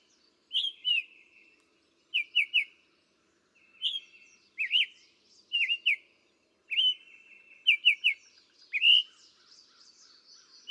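Summer tanager song: short slurred whistled phrases in twos and threes, with short pauses between groups.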